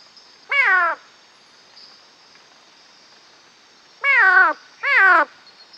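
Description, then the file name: Knudsen's thin-toed frog calling: one falling, rich harmonic whoop, then a pause and two more in quick succession, over a continuous high-pitched insect drone. "Leptodactylus knudseni CM PG"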